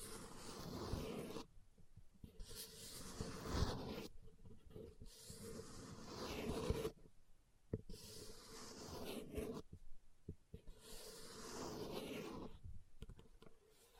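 Leather being tapped and scratched in dense rustling bursts of a second or two, separated by short quiet gaps, with soft low thuds throughout.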